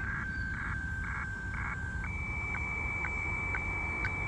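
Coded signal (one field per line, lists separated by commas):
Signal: weather fax (radiofax)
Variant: 120 lines per minute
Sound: warbling start tone for two seconds, then a steady high tone with sharp clicks twice a second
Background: radio static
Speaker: it is cool when you think about it what we could do today here we go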